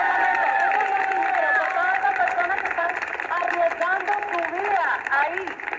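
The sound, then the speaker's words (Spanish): A large crowd of Colombians and Chileans cheers and shouts for several seconds in applause for the people on the front line fighting for Colombia. Many overlapping voices rise and fall at a steady loud level, with scattered clapping mixed into the roar. “Necesito, por favor, que hoy le mandemos un fuerte aplauso a todas las personas que están en primera línea luchando por todo Colombia.”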